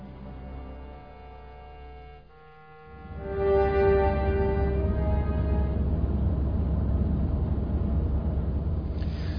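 A car carrying Aydın and Nuran drives steadily along the TEM motorway into Istanbul at 9:30 in the evening, its engine droning with a low, continuous rumble and tonal hum that swells after a brief dip and then holds constant, with no voices.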